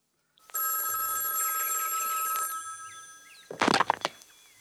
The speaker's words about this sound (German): Am 11. März klingelte bei Condon das Telefon.